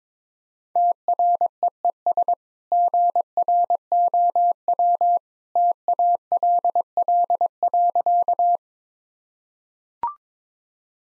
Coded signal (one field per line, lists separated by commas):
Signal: Morse code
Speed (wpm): 22 wpm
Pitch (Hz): 700 Hz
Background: none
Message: TREES GROW TALL.